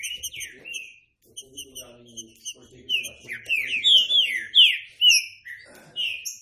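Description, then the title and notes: Green-winged saltator singing clear downslurred whistles that build into a rapid, rich run of notes, with a soft low warbling in the background. Classic song style (Canto Clássico) used as a training recording for the bird. "Canto Clássico Trinca Ferro TREINAMENTO. trinca fero"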